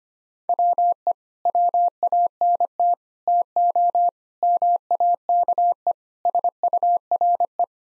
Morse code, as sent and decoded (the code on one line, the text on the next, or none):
.-- . / .-- .- -. - / - --- / -- .- -.- . / ... ..- .-. .
WE WANT TO MAKE SURE